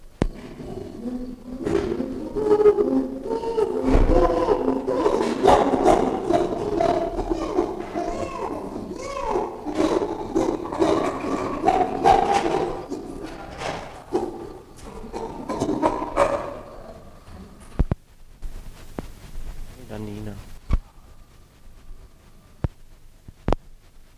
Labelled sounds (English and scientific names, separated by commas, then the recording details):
Chimpanzee (Pan troglodytes)
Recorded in captivity
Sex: diverse
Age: adult
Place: Zoo Berlin, Berlin, DE
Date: 1959-01-07 16:30
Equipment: Reporter (Vollspur)
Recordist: Tembrock, Günter